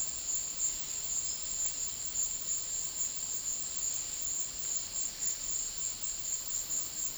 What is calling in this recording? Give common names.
none